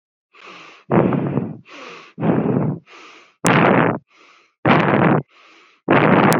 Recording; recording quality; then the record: shallow breathing; excellent, no background noise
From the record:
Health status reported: COVID-19 positive, moderate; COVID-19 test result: positive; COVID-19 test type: RT-PCR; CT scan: not taken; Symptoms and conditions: fever, fatigue, loss of smell and taste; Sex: female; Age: 21 years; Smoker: no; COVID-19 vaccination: both doses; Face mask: not worn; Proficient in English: yes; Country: India